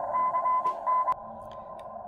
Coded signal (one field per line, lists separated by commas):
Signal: Morse code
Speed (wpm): 24 wpm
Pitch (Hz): 1010 Hz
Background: none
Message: CN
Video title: XIEGU - X6100 - CW DECODE FIXED - Working Well :)Firmware v1.1.5